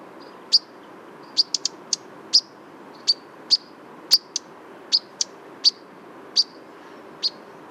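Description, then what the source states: European Pied Flycatcher giving sharp, high ticking calls, single notes repeated irregularly over a soft background hiss. Perched on a black poplar, white wing bar seen, in winter plumage; refound at the end of a dawn autumn walk at Réserve des Ramières, Drôme, during a heritage festival sound safari.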